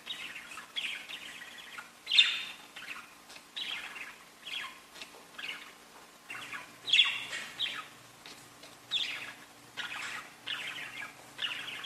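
Budgerigar chirps, soft repeated chirping bursts with two louder notes, over faint background hum.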